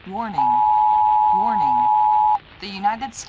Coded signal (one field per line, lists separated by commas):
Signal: Emergency Alert System (SAME) tones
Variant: 853 and 960 Hz attention tone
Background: speech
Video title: EAS Scenario | Zombie Virus Outbreak | Analog Horror